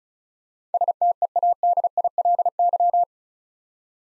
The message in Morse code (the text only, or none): STEADILY